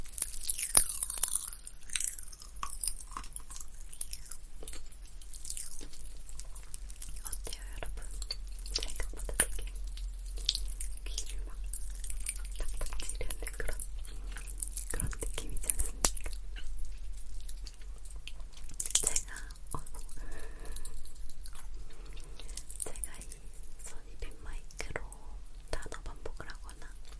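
Someone eating popping candy, with a dense, irregular stream of tiny bright crackles and pops running through the whole 27 seconds. A few louder snaps stand out near the start and around 15 and 19 seconds. A steady low hum sits underneath.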